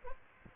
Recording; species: mosquito wingbeat signal from an infrared sensor; Aedes aegypti